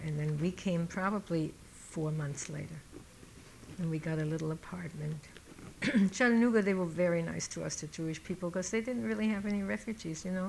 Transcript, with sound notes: And then we came probably four months later. And we got a little apartment. [Coughs] Chattanooga, they were very nice to us, the Jewish people, because they didn't really have any refugees, you know.